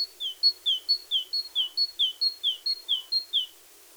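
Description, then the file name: Great tit singing steady alternating high and lower notes, the two-note phrase repeated several times over a light background hiss. "Parus major"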